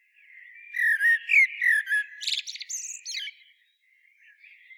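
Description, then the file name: Common blackbird song phrase: low, rich fluted notes slurring up and down, ending in a burst of thin, scratchy high twitters. "Turdus merula"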